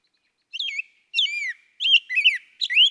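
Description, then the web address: Rose-breasted Grosbeak giving a short burst of several rich whistled phrases, each slurring up and down. "birdsongforthecurious songs Rose-breasted Grosbeak"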